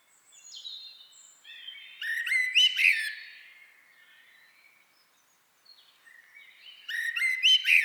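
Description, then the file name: Common blackbird calls: two bouts of loud harsh chattering notes, each led in by thin high whistles, with a quiet gap between them. "Turdus merula"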